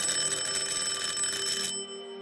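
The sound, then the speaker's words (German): A telephone rings upstairs behind the front door of a flat in a three-storey 1970s building: a steady, buzzing electronic trill with bright high tones that stops abruptly near the end, leaving a faint sustained hum. “Oben hinter der Eingangstür hörten wir das Telefon klingeln.”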